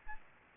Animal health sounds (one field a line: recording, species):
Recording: mosquito wingbeat signal from an infrared sensor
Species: Aedes aegypti